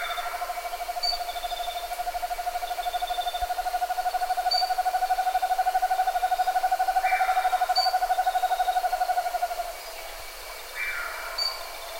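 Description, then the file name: Bird calling a long unbroken train of low hollow pulses, roughly three a second, for nearly ten seconds before stopping; fainter notes and high thin whistles in the background. "SABIOD 50 bird 2015"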